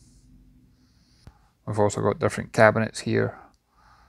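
A cabinet door in the cabin of a 1985 Huckins 50 Pilothouse motor yacht is being handled; its latch locks the doors into place for when the boat is underway. Faint handling noise and a brief tick are heard before someone talks, and a small tap follows near the end. The latch has not clicked shut yet.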